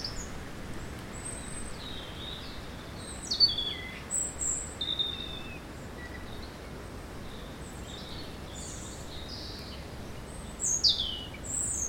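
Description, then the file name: European robin song: scattered very high thin notes and short twittering phrases with long gaps between them, set against a constant hiss of background noise. "Erithacus rubecula"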